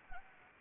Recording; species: mosquito wingbeat signal from an infrared sensor; Anopheles arabiensis